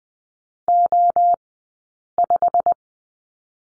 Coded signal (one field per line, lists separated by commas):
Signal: Morse code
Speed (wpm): 20 wpm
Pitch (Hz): 700 Hz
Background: none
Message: O5